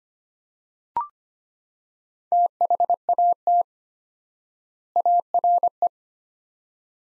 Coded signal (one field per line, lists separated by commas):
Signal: Morse code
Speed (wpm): 25 wpm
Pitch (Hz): 700 Hz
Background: none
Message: THAT ARE